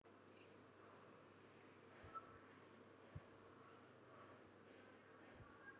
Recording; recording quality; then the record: shallow breathing; moderate, slight background noise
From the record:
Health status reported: recovered from COVID-19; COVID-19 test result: positive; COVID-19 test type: RT-PCR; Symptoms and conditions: cough, fatigue, muscle pain, loss of smell and taste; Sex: male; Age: 21 years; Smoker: no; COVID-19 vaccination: both doses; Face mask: not worn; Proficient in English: yes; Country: India